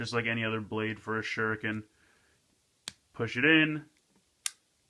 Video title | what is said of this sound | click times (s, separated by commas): Shuriken Sentai Ninninger DX Gekiatsu Dai-oh Review | twist it it locks into place but it does not make any additional sounds when you click it into place | 4.5 s